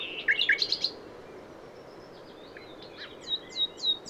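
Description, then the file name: Common nightingale song: a quick cluster of bright clicking notes, a pause with faint thin whistles, then a few high down-slurred notes near the end. "Luscinia megarhynchos"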